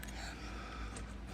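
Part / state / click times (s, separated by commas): top removable veneer onto upper teeth / not seated / none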